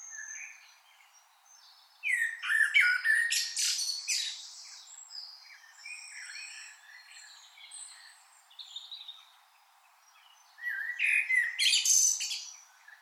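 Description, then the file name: Common blackbird delivering two loud song phrases: mellow fluted notes that end in scratchy high twitters, with a quieter, varied warble between them. "Turdus merula"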